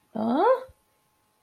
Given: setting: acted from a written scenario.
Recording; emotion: vocal sound without words; contempt